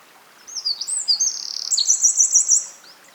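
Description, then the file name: Eurasian wren song: a single energetic phrase of shrill, quick notes running into a dry, fast trill, then fading to silence. "Troglodytes troglodytes"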